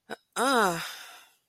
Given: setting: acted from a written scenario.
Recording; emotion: vocal sound without words; confusion